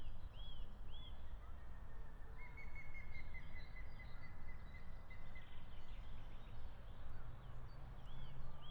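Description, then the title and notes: European green woodpecker giving a long, even run of rapid notes, with a few arched calls, over steady background noise. Meadow right next to a shooting range, Siemianowice Śląskie, Poland, Saturday 23 March 2019; woodpecker ignores regular gunfire; recorded with Zoom H5 and Audio-Technica BP4025. "Łąka bezpośrednio przy strzelnicy, sobota 23 marca 2019. Dzięcioł zielony (Picus viridis) zdaje sobie nic nie robić z regularnych strzałów."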